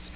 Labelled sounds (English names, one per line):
Magnolia Warbler flight call